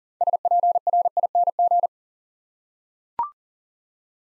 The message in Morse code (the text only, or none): SPRING